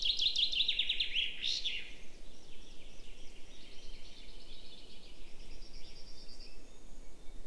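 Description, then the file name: Common chaffinch song phrase heard only at its end, a quick descending trill closing with a flourish, followed by faint bird notes over low background noise. "Fringilla coelebs"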